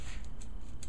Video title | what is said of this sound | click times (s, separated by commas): Ceramic Bearing Hub Install Part 2 | Pops right in. | 0.8 s